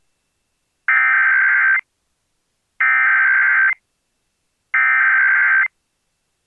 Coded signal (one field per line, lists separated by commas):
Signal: Emergency Alert System (SAME) tones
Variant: header bursts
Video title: EAS: WBAP Activates the Texas Statewide AMBER Alert Network (With Siren)